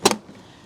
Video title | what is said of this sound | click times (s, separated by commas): Vario Handover Video | you have to make sure you get a good click | 0.1 s